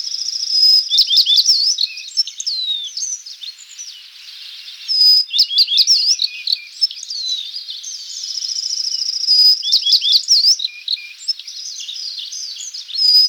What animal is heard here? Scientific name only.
Emberiza tristrami